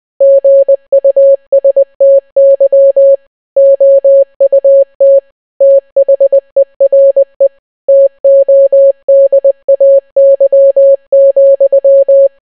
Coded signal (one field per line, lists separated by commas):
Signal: Morse code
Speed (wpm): 20 wpm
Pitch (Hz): 550 Hz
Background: none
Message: GUSTY OUT THERE TODAY,